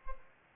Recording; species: mosquito wingbeat signal from an infrared sensor; Culex pipiens